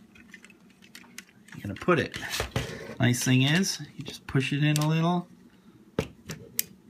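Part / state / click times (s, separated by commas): plastic limb piece into combiner robot toy's connector port / seated / 6.6 s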